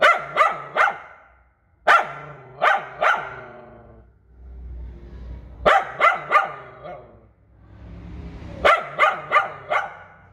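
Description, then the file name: Poodle barking in repeated small groups of quick yaps, with short pauses and a low rumble between groups. "Tieng cho poodle sua"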